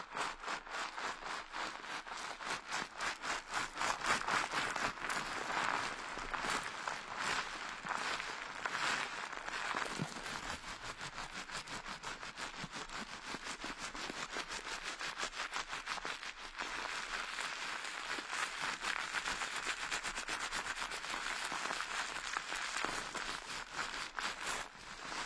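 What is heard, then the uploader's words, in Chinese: A head massage with rapid, continuous patting and tapping, dense crisp strikes running steadily for the whole stretch without pause. 疗愈SPA！头部调理，深度放松。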